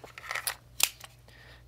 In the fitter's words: Clicks in place